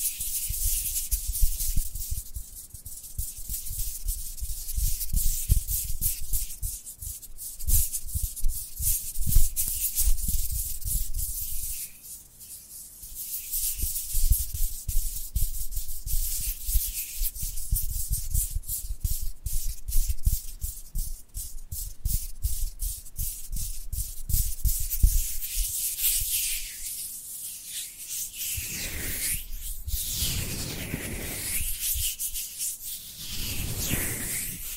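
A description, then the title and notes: Dry hands rub together in quick, papery strokes, a steady scratchy hiss with rapid regular pulses through most of the stretch. A brief lull comes near twelve seconds, and after about twenty-six seconds the rubbing turns slower and swishier, with deeper sweeping passes. Dry Dry Hand Sounds. (No Talking).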